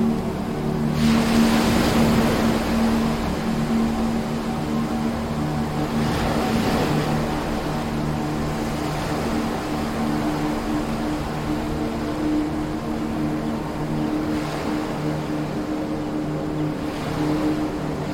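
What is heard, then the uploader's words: Waves wash in as soft, hissing swells, cresting around two, seven, fourteen and seventeen seconds. Underneath runs a steady, low droning hum, like an engine, keeping the sound dense and even throughout. Soothing Wave Sounds.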